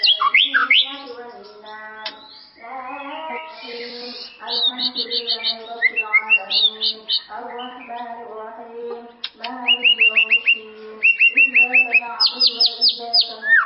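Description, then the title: White-rumped shama song: loud varied whistles and slurred notes with fast chattering bursts of repeated notes. "murai batu"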